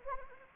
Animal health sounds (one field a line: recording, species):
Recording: mosquito wingbeat signal from an infrared sensor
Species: Anopheles arabiensis